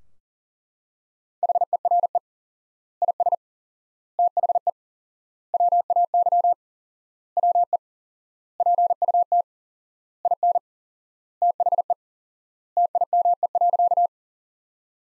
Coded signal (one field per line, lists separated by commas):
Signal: Morse code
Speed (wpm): 37 wpm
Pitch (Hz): 700 Hz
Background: none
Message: HERE IS THE WAY WE PUT IN THE TIME.